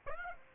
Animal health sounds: mosquito wingbeat signal from an infrared sensor; Aedes aegypti

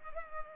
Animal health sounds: mosquito wingbeat signal from an infrared sensor; Culex pipiens

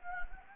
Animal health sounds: mosquito wingbeat signal from an infrared sensor; Anopheles gambiae

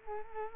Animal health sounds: mosquito wingbeat signal from an infrared sensor; Culex quinquefasciatus

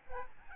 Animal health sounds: mosquito wingbeat signal from an infrared sensor; Aedes albopictus

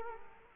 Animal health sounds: mosquito wingbeat signal from an infrared sensor; Culex quinquefasciatus

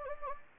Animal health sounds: mosquito wingbeat signal from an infrared sensor; Anopheles gambiae

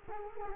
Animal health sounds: mosquito wingbeat signal from an infrared sensor; Culex quinquefasciatus

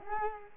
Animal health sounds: mosquito wingbeat signal from an infrared sensor; Culex quinquefasciatus

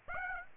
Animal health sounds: mosquito wingbeat signal from an infrared sensor; Aedes aegypti

